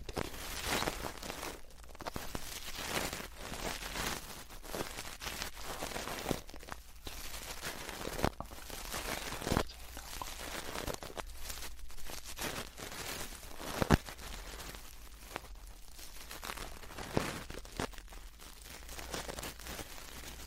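Ear cleaning and touching sounds: a dense, continuous rustling and crackling that swells and fades in irregular waves. Sharp little clicks and pops stand out now and then, most clearly around the 8, 9, 14 and 17 second marks.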